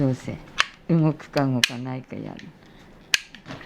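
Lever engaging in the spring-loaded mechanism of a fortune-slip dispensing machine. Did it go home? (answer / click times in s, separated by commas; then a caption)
yes / 3.1 s. While fine-tuning the spring-driven mechanism of a fortune-slip (omikuji) machine to check whether it moves, someone talks. At 3.1 s a sharp click sounds as the lever snaps into place in the spring-loaded mechanism, followed by a fainter tick. The lever is seated.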